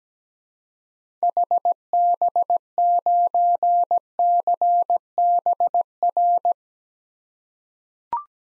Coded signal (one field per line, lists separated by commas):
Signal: Morse code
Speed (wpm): 17 wpm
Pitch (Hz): 700 Hz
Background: none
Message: HB9CBR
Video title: 2023 SOTA Activator Call Signs - 17wpm